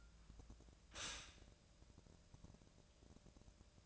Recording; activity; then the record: daily activity, microphone in the room; stop toaster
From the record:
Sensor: 2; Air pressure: 1000.0 hPa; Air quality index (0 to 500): 146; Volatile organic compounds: 2 ppm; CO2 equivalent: 1236 ppm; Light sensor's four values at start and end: 27/66/28/31 and 27/66/28/31